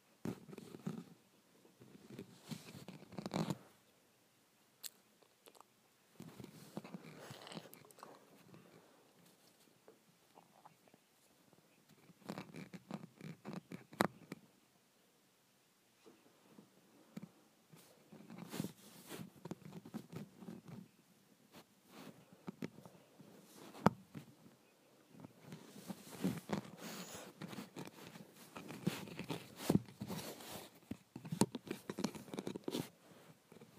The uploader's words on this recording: ASMR Scratching my Window.